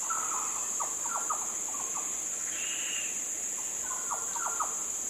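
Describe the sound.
Yellow oriole fluty notes in two short bursts of quick whistled phrases, with a brief higher sound between them and a steady high hiss behind.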